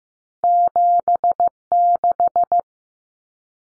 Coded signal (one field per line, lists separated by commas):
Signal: Morse code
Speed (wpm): 15 wpm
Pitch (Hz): 700 Hz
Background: none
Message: 76